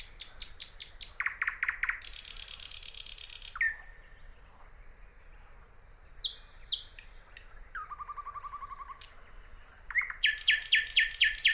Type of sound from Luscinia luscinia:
song